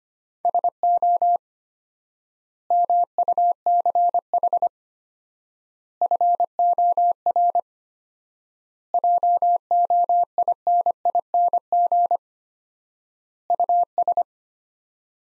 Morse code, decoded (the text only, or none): SO MUCH FOR JOINING US